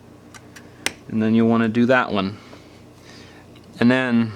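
The middle display flex cable connector of an iPhone 5 is pressed by finger onto its socket on the logic board. Two faint ticks at about 0.4 and 0.6 seconds lead into a sharp click at 0.9 seconds as the connector snaps into place and seats. Someone then talks.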